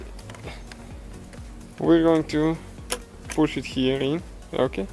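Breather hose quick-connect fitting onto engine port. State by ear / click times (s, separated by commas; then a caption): not seated / none. A breather hose quick-connect fitting is handled and lined up with its port on the engine of a Ford Fiesta MK7 ST during an intake VVT solenoid replacement. Small handling ticks and taps come around 0.2 to 0.7 s and again near 1.3 s, then someone talks. The fitting has not yet been pushed home, and nothing has clicked or seated yet.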